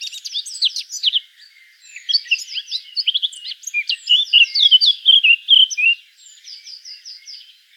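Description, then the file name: Eurasian blackcap song: a rich, fast, varied warble of high chirps and slurred notes, ending in a softer run of evenly repeated notes. "Sylvia atricapilla"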